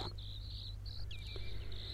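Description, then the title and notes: Broad-billed sandpiper trilling in a dry, buzzing run, then a few quick falling slurred notes, over a constant low hum. "Viikon luontoääni: Jänkäsirriäinen. Pertti Koskimies"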